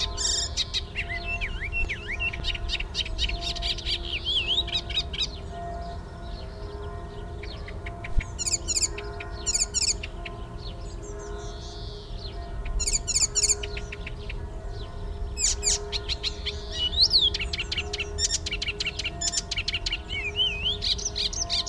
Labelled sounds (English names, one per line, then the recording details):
Icterine Warbler song
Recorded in the wild
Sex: male
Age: adult
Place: Erlangen, Bayern, DE
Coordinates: 49.6094, 11.0097
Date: 1960-06-05
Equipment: Maihak, Original, Vollspur
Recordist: Tretzel, Erwin